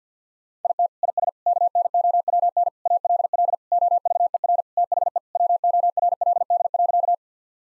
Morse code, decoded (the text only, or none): IT IS KNOWN ALL OVER THE WORLD.